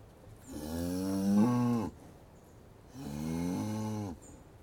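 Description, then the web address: Cattle lowing in two steady, harmonic moos of over a second each, separated by a short pause. Cattle in a yard; loud moo heard close. "BBC Cattle. in yard with some birdsong loud moo. others move round yard"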